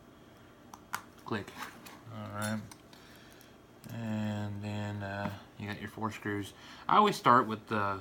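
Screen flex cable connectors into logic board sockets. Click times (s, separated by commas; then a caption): 0.7 s, 1.0 s. The remaining screen flex cable connectors of an iPhone 5c are pressed down onto their sockets on the logic board, giving two short clicks at 0.7 and 1.0 seconds. The connectors seat, and someone talks throughout.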